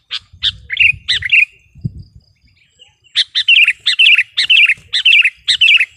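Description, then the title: Sooty-headed bulbul song: short bubbly phrases with a falling tail, then a steady run of similar phrases about every half second, with faint low rumble beneath. "kutilang"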